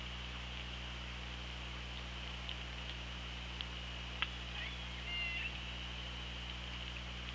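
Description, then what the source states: Killer whale sounds: scattered sharp clicks, then a short tonal whistle with a parallel harmonic near the end, all over constant hydrophone hiss and low electrical hum. Recorded on an OrcaLab hydrophone, 24 August 2017, 18:38.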